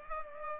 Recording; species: mosquito wingbeat signal from an infrared sensor; Culex pipiens